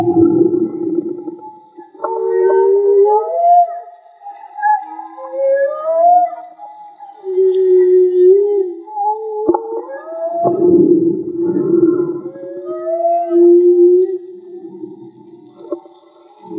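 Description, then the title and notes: Whale song: rising and falling tonal moans and upsweeps, some wavering, mixed with rough low grunts, phrases flowing one into the next. Whale song; field recording made with DIY hydrophones, audio cleaned afterwards. "CANTO DE BALLENAS MAGMA. Grabación de campo y construcción dehidrofonos DIY. Limpieza de audio."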